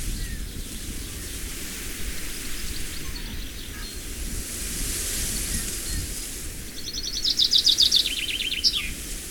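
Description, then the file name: Bird giving a rapid, buzzy trilled phrase near the end, with a second short trill following. Steady rushing wind runs throughout. Evening breeze, nature soundscape. "ecologie sonore arte-onf nature - brise du soir oiseaux"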